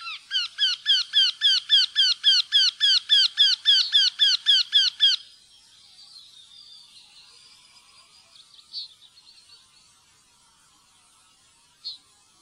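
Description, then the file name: Eurasian wryneck giving a rapid run of many nasal, slightly plaintive notes in steady rhythm, ending abruptly and followed by near silence with a couple of faint notes. "vendehals"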